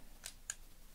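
A plastic Beyblade Burst spinning top is pushed into its plastic Long LR Light Dragon Launcher, shown as the habit that wears launchers down. A faint click at 0.3 s is followed by a loud, sharp click at 0.5 s as the top seats in the launcher.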